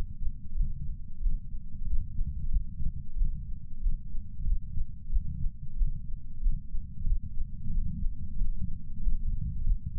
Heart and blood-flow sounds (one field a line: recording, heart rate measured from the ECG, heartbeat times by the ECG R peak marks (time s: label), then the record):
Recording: heart sounds by patch sensor on the chest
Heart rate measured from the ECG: 92 bpm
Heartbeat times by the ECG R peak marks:
0.55 s: heartbeat
1.20 s: heartbeat
1.85 s: heartbeat
2.49 s: heartbeat
3.16 s: heartbeat
3.80 s: heartbeat
4.44 s: heartbeat
5.10 s: heartbeat
5.76 s: heartbeat
6.40 s: heartbeat
7.04 s: heartbeat
7.70 s: heartbeat
8.36 s: heartbeat
9.01 s: heartbeat
9.64 s: heartbeat
From the record:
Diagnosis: coronary artery disease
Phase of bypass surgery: postoperative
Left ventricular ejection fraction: 63.7%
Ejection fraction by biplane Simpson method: 59.4%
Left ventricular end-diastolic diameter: 49 mm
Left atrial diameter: 35 mm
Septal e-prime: 7.3 cm/s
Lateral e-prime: 9.8 cm/s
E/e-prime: 7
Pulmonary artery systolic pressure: 20 mmHg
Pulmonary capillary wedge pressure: 4 mmHg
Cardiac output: 5.4 L/min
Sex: male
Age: 69 years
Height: 174 cm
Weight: 79 kg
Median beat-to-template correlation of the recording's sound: 0.69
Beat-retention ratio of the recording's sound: 1.00